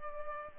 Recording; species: mosquito wingbeat signal from an infrared sensor; Culex pipiens